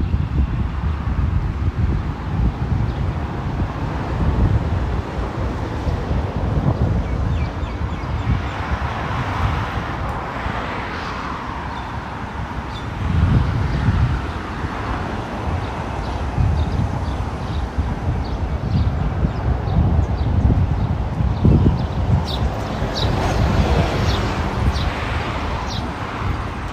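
A walk around Ramat Aviv near Tel Aviv University, with a steady low rumble of traffic and wind running throughout. Passing vehicles swell now and then, notably around 10 and 13 seconds, and brief sharp clicks and taps appear near the end.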